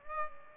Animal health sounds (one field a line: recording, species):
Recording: mosquito wingbeat signal from an infrared sensor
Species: Aedes albopictus